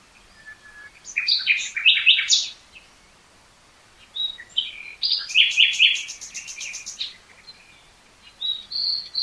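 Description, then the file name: Common nightingale singing: a bright jumbled phrase, a pause, then a fast series of sharp repeated clicks and chirps, ending with a high whistle. "Luscinia megarhynchos"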